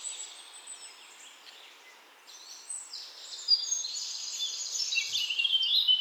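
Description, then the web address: Bird chirping: faint twitters at first, swelling after three seconds into a loud chorus of high trills and warbles. "nice chirping of birds"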